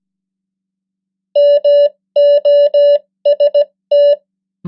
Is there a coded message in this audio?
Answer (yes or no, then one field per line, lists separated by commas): yes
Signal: Morse code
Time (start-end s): 1.4-4.1 s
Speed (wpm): 17 wpm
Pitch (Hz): 580 Hz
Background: none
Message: MOST